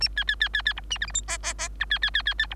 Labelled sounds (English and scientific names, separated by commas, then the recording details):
Bengalese Finch (Lonchura striata domestica) song
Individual Bird3